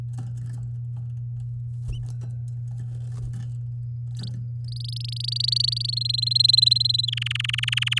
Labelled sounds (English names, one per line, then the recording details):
Domestic Canary song
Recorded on 8 May 2018 at 09:08
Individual llb16